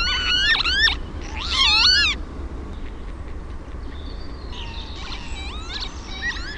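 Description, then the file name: Northern lapwing calls: wheezy, swooping 'pee-wit' notes rising and falling in pitch, two loud bursts early, then a softer run of similar calls over a steady low hum. "TOYHTOHYYPPA"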